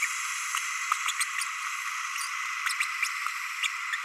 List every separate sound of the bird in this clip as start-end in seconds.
0.02-0.08, 1.20-1.25, 2.79-2.85, 3.63-3.67